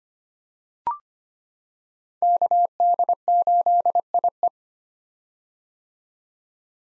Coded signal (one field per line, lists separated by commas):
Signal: Morse code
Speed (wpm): 25 wpm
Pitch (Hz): 700 Hz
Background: none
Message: KD8IE